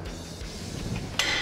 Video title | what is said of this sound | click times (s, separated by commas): Speed Dolly Demonstration From In The Ditch | instead of going down with the tire go up listen for the audible click and look for the visual indicator that the cam locks engaged | 1.2 s